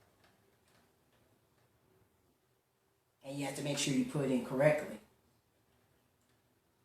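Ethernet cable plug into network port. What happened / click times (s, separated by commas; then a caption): The plug is handled but no seating click is heard / none. An RJ45 Ethernet cable plug is handled at a network port, with faint scattered ticks in the quiet before and after. Someone talks from about 3.2 to 5.0 seconds. The plug has not yet seated or clicked into the port.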